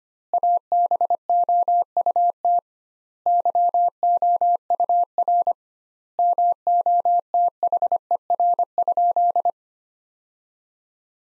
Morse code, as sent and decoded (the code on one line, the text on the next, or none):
.- -... --- ..- - / -.-- --- ..- .-. / -- --- - .... . .-. ..--..
ABOUT YOUR MOTHER?